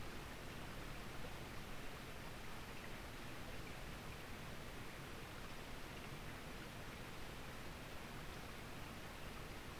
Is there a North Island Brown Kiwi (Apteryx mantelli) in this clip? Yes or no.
no